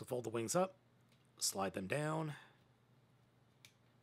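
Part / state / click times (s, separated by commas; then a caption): plastic wing section into the transforming toy body / seated / 3.6 s. A person talks while the wings of a plastic 52TOYS BeastBox BB-45 Stratosphere transforming toy are folded up and slid down. After a short quiet stretch, a sharp snap at 3.6 s marks the plastic wing section seating into the toy body.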